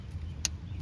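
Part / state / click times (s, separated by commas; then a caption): oxygen sensor connector into vehicle harness connector / seated / 0.4 s. The plastic electrical connector of the downstream oxygen sensor on a 2015 Buick Verano, already checked because the upstream sensor used a different connector, is pushed into its mating harness connector on the car. Over a steady low rumble, one sharp, bright click at 0.5 s marks the connector snapping home and seating.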